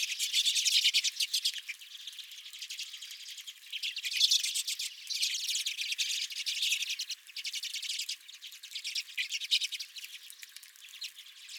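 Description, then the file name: Redpolls in constant twittering chatter, rapid buzzy trills and chips overlapping without a break. Redpolls at the recordist's own bird feeder. "Redpolls at My Feeder"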